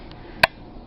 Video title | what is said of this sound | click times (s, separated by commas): 2016 Hobie Mirage Sport Review and Rigging | um so it just Clips around your paddle and snaps into place I don't have my paddle on here right now but | 0.4 s